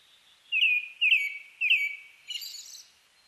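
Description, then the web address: Brown-headed thrush sings three rich, slurred phrases spaced half a second apart, capped by a brief high, lisping twitter. Recorded 29 May 2004. "2004 040529 akahara"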